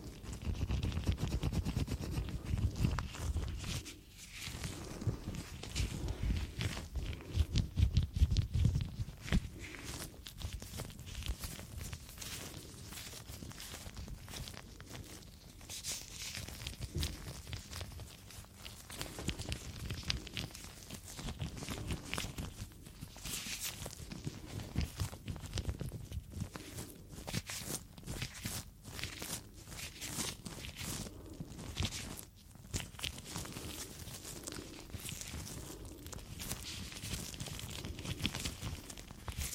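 Gloves being handled make a dense stream of crinkling, squeaking and snapping sounds, full of quick irregular rustles and taps. Bursts of louder handling come around the start and near eight seconds, with brief quiet gaps at about four and twenty-three seconds.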